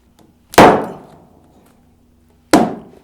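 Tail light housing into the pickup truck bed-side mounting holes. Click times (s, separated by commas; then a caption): 2.5 s. A plastic tail light housing on a Ford F150/F250/F350 pickup truck has its locating pins started in the bed-side mounting holes, then its outer edge is pushed until it snaps into the truck's retaining grommets. A loud, ringing knock at about 0.6 s fades slowly. A sharp pop at 2.5 s marks the housing seating into place.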